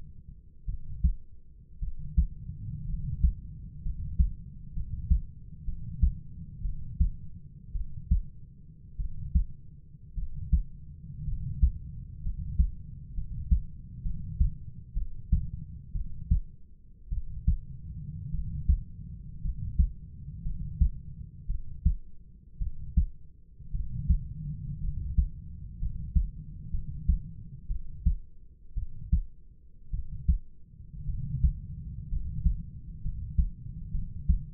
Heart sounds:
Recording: heart sounds by stethoscope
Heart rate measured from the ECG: 58 bpm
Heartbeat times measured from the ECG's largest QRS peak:
0.66 s: heartbeat
1.80 s: heartbeat
2.86 s: heartbeat
3.83 s: heartbeat
4.74 s: heartbeat
5.65 s: heartbeat
6.62 s: heartbeat
7.73 s: heartbeat
8.97 s: heartbeat
10.15 s: heartbeat
11.25 s: heartbeat
12.23 s: heartbeat
13.15 s: heartbeat
14.03 s: heartbeat
14.94 s: heartbeat
15.93 s: heartbeat
17.10 s: heartbeat
18.31 s: heartbeat
19.42 s: heartbeat
20.43 s: heartbeat
21.47 s: heartbeat
22.59 s: heartbeat
23.72 s: heartbeat
24.81 s: heartbeat
25.79 s: heartbeat
26.71 s: heartbeat
27.68 s: heartbeat
28.75 s: heartbeat
29.91 s: heartbeat
31.06 s: heartbeat
32.09 s: heartbeat
33.02 s: heartbeat
33.92 s: heartbeat
From the record:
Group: healthy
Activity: rest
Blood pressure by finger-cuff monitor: 111/60 mmHg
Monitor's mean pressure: 73 mmHg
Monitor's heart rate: 58 bpm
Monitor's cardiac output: 5.1 L/min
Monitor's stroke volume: 88 mL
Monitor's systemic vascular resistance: 1030 dyn s/cm5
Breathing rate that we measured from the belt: 9 breaths a minute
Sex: male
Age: 25 years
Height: 170 cm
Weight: 70.4 kg

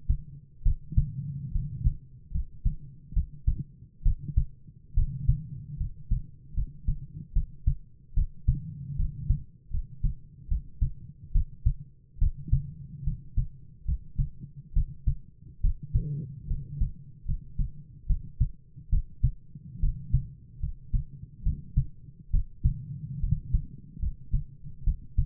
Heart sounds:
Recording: heart sounds by stethoscope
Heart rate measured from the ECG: 72 bpm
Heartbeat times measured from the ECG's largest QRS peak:
0.62 s: heartbeat
1.51 s: heartbeat
2.31 s: heartbeat
3.13 s: heartbeat
4.02 s: heartbeat
4.93 s: heartbeat
5.77 s: heartbeat
6.53 s: heartbeat
7.32 s: heartbeat
8.13 s: heartbeat
8.95 s: heartbeat
9.70 s: heartbeat
10.47 s: heartbeat
11.31 s: heartbeat
12.18 s: heartbeat
13.03 s: heartbeat
13.84 s: heartbeat
14.72 s: heartbeat
15.60 s: heartbeat
16.47 s: heartbeat
17.24 s: heartbeat
18.06 s: heartbeat
18.89 s: heartbeat
19.79 s: heartbeat
20.59 s: heartbeat
21.42 s: heartbeat
22.30 s: heartbeat
23.19 s: heartbeat
23.98 s: heartbeat
24.83 s: heartbeat
From the record:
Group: healthy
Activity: rest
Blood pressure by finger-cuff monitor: 103/58 mmHg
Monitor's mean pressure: 67 mmHg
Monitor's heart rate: 71 bpm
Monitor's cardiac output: 7.7 L/min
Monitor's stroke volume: 107 mL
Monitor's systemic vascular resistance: 620 dyn s/cm5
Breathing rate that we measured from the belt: 16 breaths a minute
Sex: male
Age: 22 years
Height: 185 cm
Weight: 112.4 kg

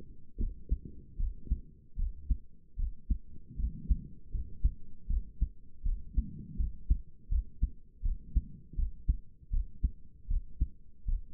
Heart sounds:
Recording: heart sounds by stethoscope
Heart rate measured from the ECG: 79 bpm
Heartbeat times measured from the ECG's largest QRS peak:
0.38 s: heartbeat
1.18 s: heartbeat
1.97 s: heartbeat
2.77 s: heartbeat
3.57 s: heartbeat
4.32 s: heartbeat
5.08 s: heartbeat
5.84 s: heartbeat
6.58 s: heartbeat
7.30 s: heartbeat
8.03 s: heartbeat
8.77 s: heartbeat
9.51 s: heartbeat
10.29 s: heartbeat
11.06 s: heartbeat
From the record:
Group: healthy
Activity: rest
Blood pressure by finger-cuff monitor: 91/59 mmHg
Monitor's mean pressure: 69 mmHg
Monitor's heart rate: 80 bpm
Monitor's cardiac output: 6.5 L/min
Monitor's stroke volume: 81 mL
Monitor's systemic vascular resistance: 770 dyn s/cm5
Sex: female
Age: 22 years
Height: 163 cm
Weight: 67.1 kg

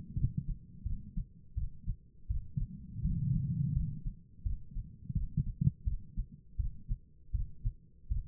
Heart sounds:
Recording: heart sounds by stethoscope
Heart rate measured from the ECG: 83 bpm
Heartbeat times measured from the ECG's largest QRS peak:
0.15 s: heartbeat
0.84 s: heartbeat
1.55 s: heartbeat
2.28 s: heartbeat
3.02 s: heartbeat
3.73 s: heartbeat
4.43 s: heartbeat
5.14 s: heartbeat
5.85 s: heartbeat
6.57 s: heartbeat
7.32 s: heartbeat
8.09 s: heartbeat
From the record:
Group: healthy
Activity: rest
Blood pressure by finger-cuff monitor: 142/94 mmHg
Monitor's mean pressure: 113 mmHg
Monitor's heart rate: 84 bpm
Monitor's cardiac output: 5.3 L/min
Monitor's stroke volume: 60 mL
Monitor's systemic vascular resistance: 1620 dyn s/cm5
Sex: female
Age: 51 years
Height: 162 cm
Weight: 70.04 kg

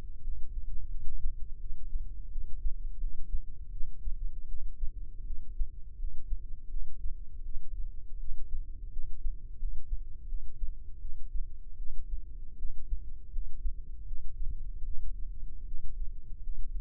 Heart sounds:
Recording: heart sounds by microphone in the left ear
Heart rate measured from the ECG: 81 bpm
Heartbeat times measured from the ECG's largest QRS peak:
0.22 s: heartbeat
0.89 s: heartbeat
1.59 s: heartbeat
2.30 s: heartbeat
2.98 s: heartbeat
3.70 s: heartbeat
4.46 s: heartbeat
5.25 s: heartbeat
5.97 s: heartbeat
6.69 s: heartbeat
7.43 s: heartbeat
8.18 s: heartbeat
8.91 s: heartbeat
9.58 s: heartbeat
10.27 s: heartbeat
10.99 s: heartbeat
11.77 s: heartbeat
12.57 s: heartbeat
13.31 s: heartbeat
14.06 s: heartbeat
14.84 s: heartbeat
15.66 s: heartbeat
16.42 s: heartbeat
From the record:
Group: healthy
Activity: rest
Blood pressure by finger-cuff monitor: 107/71 mmHg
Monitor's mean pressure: 84 mmHg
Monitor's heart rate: 81 bpm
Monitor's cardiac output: 6.5 L/min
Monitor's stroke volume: 80 mL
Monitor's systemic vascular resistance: 930 dyn s/cm5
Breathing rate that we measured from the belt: 17 breaths a minute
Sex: female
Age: 19 years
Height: 163 cm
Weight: 48.9 kg

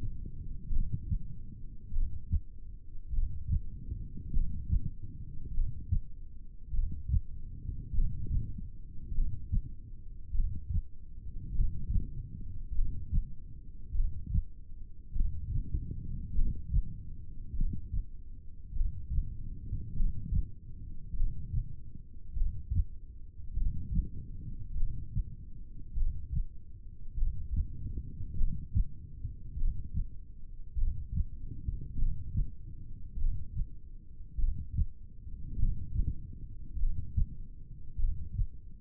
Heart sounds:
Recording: heart sounds by stethoscope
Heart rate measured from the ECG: 50 bpm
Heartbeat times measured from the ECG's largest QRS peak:
0.74 s: heartbeat
1.94 s: heartbeat
3.15 s: heartbeat
4.35 s: heartbeat
5.55 s: heartbeat
6.75 s: heartbeat
7.96 s: heartbeat
9.16 s: heartbeat
10.36 s: heartbeat
11.56 s: heartbeat
12.77 s: heartbeat
13.96 s: heartbeat
15.17 s: heartbeat
16.37 s: heartbeat
17.57 s: heartbeat
18.77 s: heartbeat
19.98 s: heartbeat
21.18 s: heartbeat
22.38 s: heartbeat
23.58 s: heartbeat
24.79 s: heartbeat
25.98 s: heartbeat
27.19 s: heartbeat
28.39 s: heartbeat
29.59 s: heartbeat
30.79 s: heartbeat
32.00 s: heartbeat
33.20 s: heartbeat
34.40 s: heartbeat
35.60 s: heartbeat
36.81 s: heartbeat
38.00 s: heartbeat
From the record:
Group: heart failure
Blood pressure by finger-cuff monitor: 114/62 mmHg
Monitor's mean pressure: 80 mmHg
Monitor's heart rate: 50 bpm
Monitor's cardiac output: 4.6 L/min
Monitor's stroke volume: 92 mL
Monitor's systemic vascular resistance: 1270 dyn s/cm5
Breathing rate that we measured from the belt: 15 breaths a minute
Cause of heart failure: cardiac sarcoid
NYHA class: 1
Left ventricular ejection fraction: 39%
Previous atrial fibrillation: present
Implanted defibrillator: present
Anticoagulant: apixaban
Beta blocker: carvedilol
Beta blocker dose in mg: 50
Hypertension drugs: ramipril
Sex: male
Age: 79 years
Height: 184 cm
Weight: 92.5 kg

